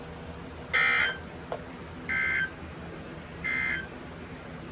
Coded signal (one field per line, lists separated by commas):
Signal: Emergency Alert System (SAME) tones